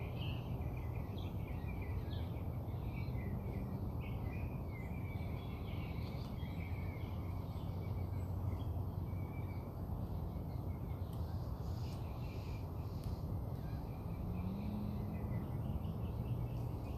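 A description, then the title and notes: Birds sing outside a house, their quick chirps and warbles scattered through the whole stretch. Beneath them runs a steady low rumble, like traffic or engine hum, with a brief rising drone near the end. More bird songs outside my house.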